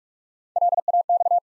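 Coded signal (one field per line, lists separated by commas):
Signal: Morse code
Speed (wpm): 46 wpm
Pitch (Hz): 700 Hz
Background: none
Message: LAX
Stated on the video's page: Morse practice sending ARRL section abbreviations used in Field Day contest exchanges at 45 wpm; each sent, spoken, then sent again for head-copy training.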